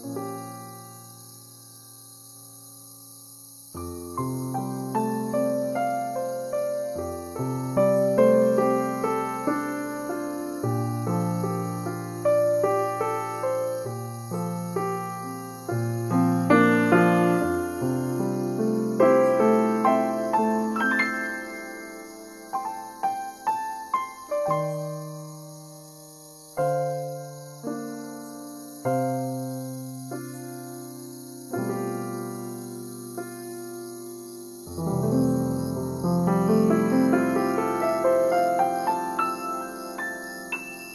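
Insects keep up a thin, steady high chirring through the whole clip on a summer night, while an unhurried stringed instrument plays slow, ringing notes in front. The melody moves in gentle phrases, swelling briefly near the middle and again toward the end.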